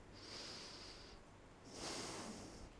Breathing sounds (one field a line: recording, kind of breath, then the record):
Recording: one breath in and out by a microphone near the nose and mouth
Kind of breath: deep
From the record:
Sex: male